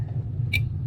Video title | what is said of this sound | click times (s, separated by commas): Redarc Brake Controller Install: Ford F150 | it snaps into place. It's that easy. | 0.6 s